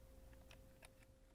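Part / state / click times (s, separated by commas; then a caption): safety thermostat into its plastic holder in the dishwasher control panel / not seated / none. A safety thermostat is handled and pressed toward its plastic holder in a Whirlpool dishwasher control panel, producing a few faint, short ticks and light handling noises over a steady low hum. The clip ends just before the part goes home, so nothing has seated or clicked yet.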